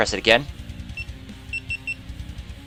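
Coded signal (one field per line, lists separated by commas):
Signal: none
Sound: camera status beeps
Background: speech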